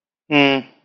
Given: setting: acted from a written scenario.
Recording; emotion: vocal sound without words; neutral